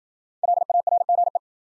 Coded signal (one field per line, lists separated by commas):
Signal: Morse code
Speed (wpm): 52 wpm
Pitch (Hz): 700 Hz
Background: none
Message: LARGE